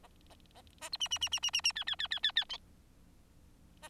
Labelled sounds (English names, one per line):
Bengalese Finch song